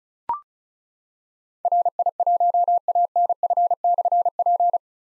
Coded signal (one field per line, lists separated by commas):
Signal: Morse code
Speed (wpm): 36 wpm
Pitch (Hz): 700 Hz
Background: none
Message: RI1ANF/P